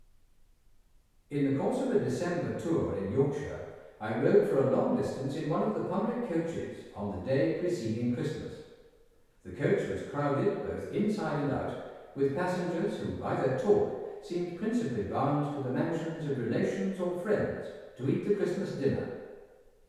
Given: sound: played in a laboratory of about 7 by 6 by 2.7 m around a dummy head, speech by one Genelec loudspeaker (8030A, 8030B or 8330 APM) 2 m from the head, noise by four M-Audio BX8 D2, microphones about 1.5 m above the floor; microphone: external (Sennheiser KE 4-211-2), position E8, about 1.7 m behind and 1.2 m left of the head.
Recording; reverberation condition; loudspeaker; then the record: male speech in English; high; 120 degrees to the right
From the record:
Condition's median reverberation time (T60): about 1300 ms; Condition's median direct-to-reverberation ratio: about -4.0 dB